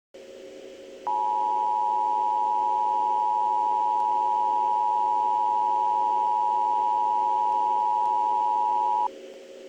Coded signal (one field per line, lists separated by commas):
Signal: Emergency Alert System (SAME) tones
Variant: 853 and 960 Hz attention tone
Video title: Tornado Warning: Baton Rouge, LA (4/27/15)